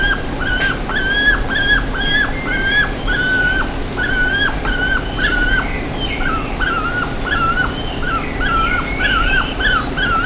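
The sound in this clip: Bird calls: flat whistled notes that hook downward, repeated steadily, with high chirps sprinkled over a low droning hum.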